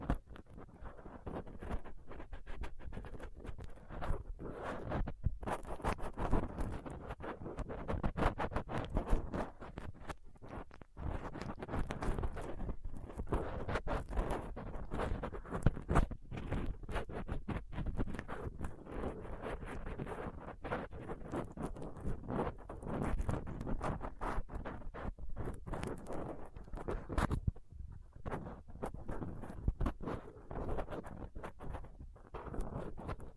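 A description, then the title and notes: Rough scratching and scraping of a dental pick and tweezers against a microphone, dense and continuous, with brief dropouts near 5 and 27 seconds. ASMR Rough Mic Picking using Dental PickTweezersCotton Swab (No Talking).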